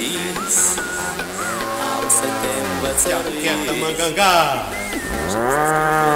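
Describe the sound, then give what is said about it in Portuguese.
A bull mooing sound at a mechanical bull ride during the Festa da Cerveja in Igarapé-Açu, 2011: loud, long, drawn-out, overlapping bellows that swoop up and down in pitch, continuing with hardly a pause for about six seconds while a voice sounds underneath. “Te afasta pra lá, boi, vai nojinho. Ei, boi, ei, boi.”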